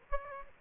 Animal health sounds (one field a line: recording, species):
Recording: mosquito wingbeat signal from an infrared sensor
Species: Aedes aegypti